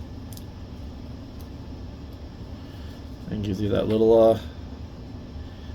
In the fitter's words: And it just snaps right into that groove.